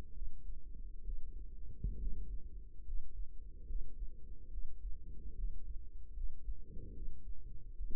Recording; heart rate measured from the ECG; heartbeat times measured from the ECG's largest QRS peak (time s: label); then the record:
heart sounds by microphone in the right ear; 71 bpm
0.13 s: heartbeat
1.04 s: heartbeat
1.98 s: heartbeat
2.84 s: heartbeat
3.66 s: heartbeat
4.50 s: heartbeat
5.35 s: heartbeat
6.13 s: heartbeat
6.93 s: heartbeat
7.75 s: heartbeat
From the record:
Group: healthy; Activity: rest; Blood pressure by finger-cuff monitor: 138/75 mmHg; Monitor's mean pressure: 96 mmHg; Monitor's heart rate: 71 bpm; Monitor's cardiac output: 6 L/min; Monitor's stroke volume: 87 mL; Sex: male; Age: 35 years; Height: 178 cm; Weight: 64 kg